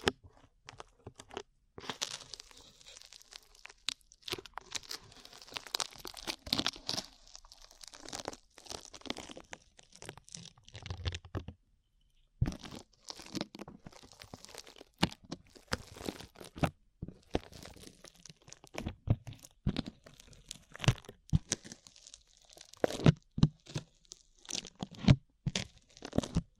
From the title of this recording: ASMR SLIME